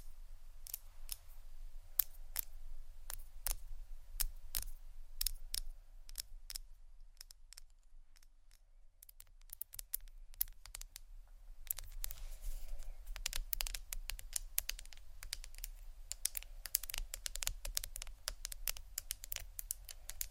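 Sharp tapping on hard objects such as wood, ceramic and a book, in quick dry clicks. Taps come at a moderate, uneven pace for the first seven seconds, thin out to a sparse pause, then turn dense and rapid after about twelve seconds, over a low steady hum.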